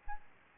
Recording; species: mosquito wingbeat signal from an infrared sensor; Aedes albopictus